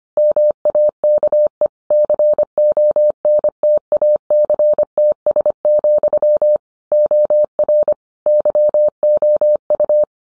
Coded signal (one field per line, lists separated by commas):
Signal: Morse code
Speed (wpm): 25 wpm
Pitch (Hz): 600 Hz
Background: none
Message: MAKE CONTACTS, OR YOU